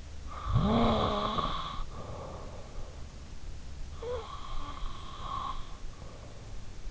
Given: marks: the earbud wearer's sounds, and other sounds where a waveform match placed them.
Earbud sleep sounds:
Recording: sounds in sleep by an in-ear microphone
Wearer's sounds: snoring breath, breath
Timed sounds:
0.01-3.21 s: snoring breath
3.66-6.24 s: breath

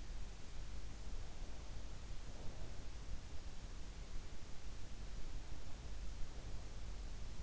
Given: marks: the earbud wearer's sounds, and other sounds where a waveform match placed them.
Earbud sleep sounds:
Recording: sounds in sleep by an in-ear microphone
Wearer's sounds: breath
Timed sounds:
1.64-3.47 s: breath

